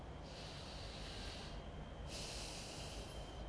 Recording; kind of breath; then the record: one breath in and out by a microphone near the nose and mouth; deep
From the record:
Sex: male